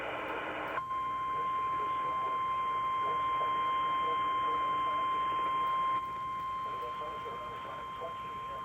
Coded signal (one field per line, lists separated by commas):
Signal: Emergency Alert System (SAME) tones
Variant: 1050 Hz attention tone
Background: speech